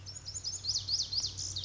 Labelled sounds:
Lazuli Bunting (Passerina amoena)
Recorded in Sonoma County, California

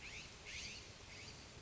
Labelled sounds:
California Scrub-Jay (Aphelocoma californica)
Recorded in Sonoma County, California

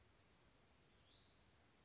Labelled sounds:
Hutton's Vireo (Vireo huttoni)
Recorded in Sonoma County, California

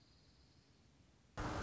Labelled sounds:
Dark-eyed Junco (Junco hyemalis)
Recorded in Sonoma County, California

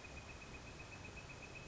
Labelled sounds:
Northern Flicker (Colaptes auratus)
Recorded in Sonoma County, California

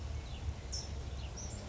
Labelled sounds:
California Towhee (Melozone crissalis)
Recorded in Sonoma County, California

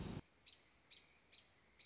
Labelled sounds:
American Robin (Turdus migratorius)
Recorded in Sonoma County, California

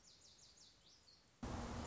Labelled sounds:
Lazuli Bunting (Passerina amoena)
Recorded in Sonoma County, California

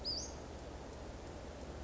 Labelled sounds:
Western Flycatcher (Empidonax difficilis)
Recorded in Sonoma County, California

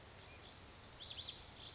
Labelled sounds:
Lazuli Bunting (Passerina amoena)
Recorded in Sonoma County, California

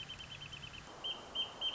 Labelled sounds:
Wrentit (Chamaea fasciata)
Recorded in Sonoma County, California

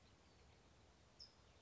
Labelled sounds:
California Towhee (Melozone crissalis)
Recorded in Sonoma County, California

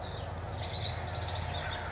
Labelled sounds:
House Wren (Troglodytes aedon)
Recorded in Sonoma County, California

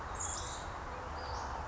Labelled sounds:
Western Flycatcher (Empidonax difficilis)
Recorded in Sonoma County, California

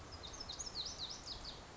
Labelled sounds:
Lazuli Bunting (Passerina amoena)
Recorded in Sonoma County, California

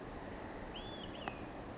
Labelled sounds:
Olive-sided Flycatcher (Contopus cooperi)
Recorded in Sonoma County, California

